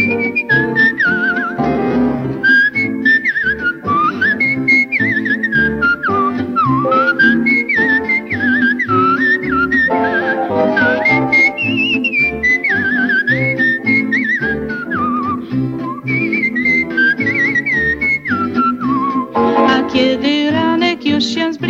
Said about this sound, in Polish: Przy tym sama gwiżdżę sobie tak wesoło i swobodnie, swym głosikiem gwiżdżę tak.